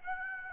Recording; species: mosquito wingbeat signal from an infrared sensor; Aedes aegypti